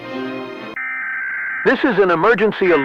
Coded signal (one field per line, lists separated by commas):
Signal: Emergency Alert System (SAME) tones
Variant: header bursts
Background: speech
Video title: Manhunt Analog EAS - Civil Disturbance Alert & Industrial Accident Alert